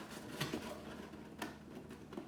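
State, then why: Not seated. The display panel of a 2020 holiday nutcracker display is flipped, and its tabs are lined up with the slots on the other side of the display body. Brief handling knocks come at about 0.4 s and 1.4 s over quiet indoor background. Nothing has seated or clicked yet.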